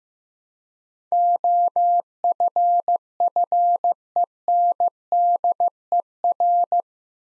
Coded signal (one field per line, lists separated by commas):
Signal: Morse code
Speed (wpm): 15 wpm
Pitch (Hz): 700 Hz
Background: none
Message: OFFENDER